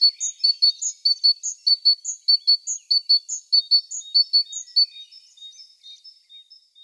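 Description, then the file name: Great tit giving sharp, repeated phrases in a fast, steady rhythm for about five seconds, then softer notes as it fades. "Parus major"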